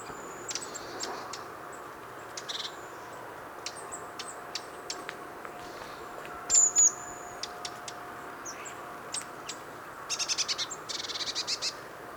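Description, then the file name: Eurasian blue tit calls: a brief pair of high, thin notes near seven seconds, then a rapid buzzy scolding series toward the end, above a constant hiss. "Cyanistes caeruleus"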